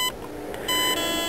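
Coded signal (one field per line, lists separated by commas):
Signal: beep code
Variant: ETTI ESC programming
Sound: one short buzzy 1 kHz beep, then a different steady tone begins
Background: room hiss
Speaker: wait for the um section mode one which has only one beep like this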